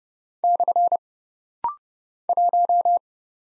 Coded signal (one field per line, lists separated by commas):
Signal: Morse code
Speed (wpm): 29 wpm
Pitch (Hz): 700 Hz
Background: none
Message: / 1